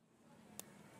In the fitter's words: इसको आपने नीचे प्रेस करना है ऊपर से किसी चीज से आपने दबाना है लॉक की तरफ तो यह खुद बहुत लॉक हो जाएगा है